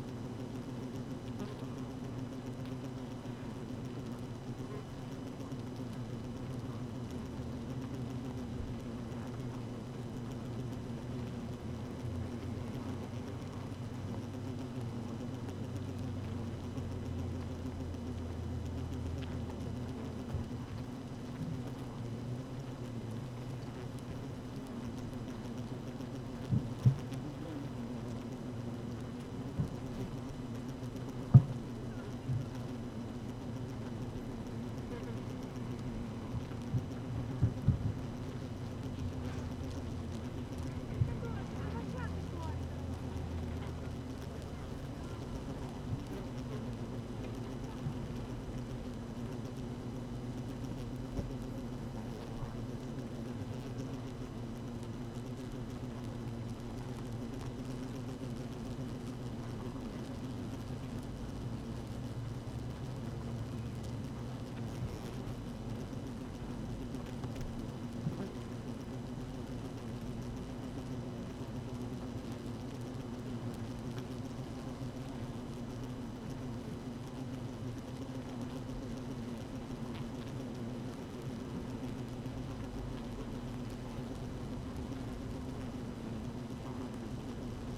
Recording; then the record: honeybee colony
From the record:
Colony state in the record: active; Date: 12 June 2018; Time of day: 7:41